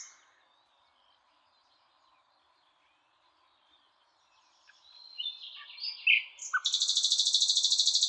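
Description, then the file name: Common nightingale song: near silence, then whistles and chirps leading into a loud, fast, even run of repeated high notes. "Luscinia megarhynchos"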